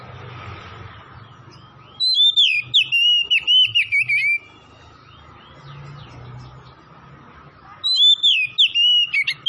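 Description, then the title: Oriental magpie-robin song: two bursts of fast, looping whistles with a long quiet gap between, and a low rumbling hum underneath. Singing vigorously (gacor); Tretes. "Kacer Tretes"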